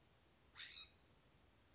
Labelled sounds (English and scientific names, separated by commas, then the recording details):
California Scrub-Jay (Aphelocoma californica)
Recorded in Sonoma County, California